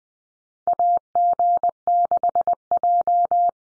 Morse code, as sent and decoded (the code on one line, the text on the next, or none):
.- --. -.... .---
AG6J